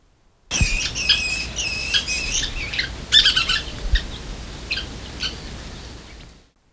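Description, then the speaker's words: Western kingbird calls, sharp high squeaky chattering notes in busy overlapping bursts, loudest around the middle, with a low rumbling background. Adults feeding their young fledglings. "here's the sound of Western Kingbirds feeding their young."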